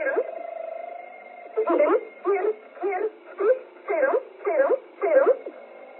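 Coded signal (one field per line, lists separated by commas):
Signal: numbers station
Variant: G11, German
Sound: a steady tone, then seven short, evenly spaced spoken words in a muffled voice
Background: radio static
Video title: Zahlensender / Number Station G11 - Strich - 23.05.1980 - 744 / 000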